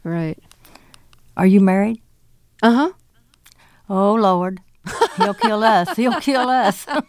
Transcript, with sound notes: right.
Are you married?
Uh-huh.
Oh, Lord...
(LAUGHTER)
He'll kill us. He'll kill us.